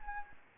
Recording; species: mosquito wingbeat signal from an infrared sensor; Anopheles gambiae